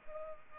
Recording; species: mosquito wingbeat signal from an infrared sensor; Culex pipiens